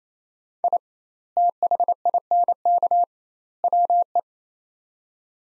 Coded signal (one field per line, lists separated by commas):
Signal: Morse code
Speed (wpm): 27 wpm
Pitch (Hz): 700 Hz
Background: none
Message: I THINK WE